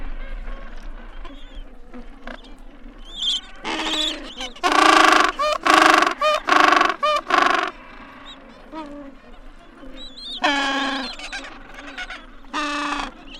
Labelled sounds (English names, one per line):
Gentoo Penguin call